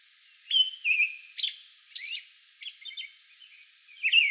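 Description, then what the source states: American robin singing a run of rich, slurred whistled phrases, some with thin high squeaky notes, given in quick succession. Song bout recorded May 11.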